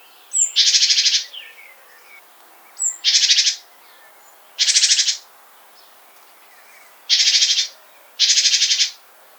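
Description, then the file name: Great tit giving five short, harsh buzzy churrs at uneven intervals, some preceded by a brief high note, over a quiet background. "Parus major"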